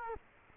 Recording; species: mosquito wingbeat signal from an infrared sensor; Culex quinquefasciatus